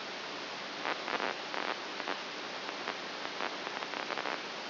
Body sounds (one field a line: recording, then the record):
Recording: brain microelectrode recording played as sound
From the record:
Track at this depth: inside the subthalamic nucleus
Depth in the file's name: 3.44 mm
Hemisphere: right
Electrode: 2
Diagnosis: Parkinson's disease